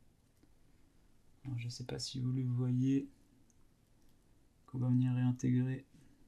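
A small plastic cover is handled as it is brought back toward its place in a Samsung Galaxy Z Flip 5 phone chassis during a screen replacement. Someone talks in two bursts between faint handling sounds. Nothing has seated or clicked yet when the clip ends.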